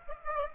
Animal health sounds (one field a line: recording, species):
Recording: mosquito wingbeat signal from an infrared sensor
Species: Aedes aegypti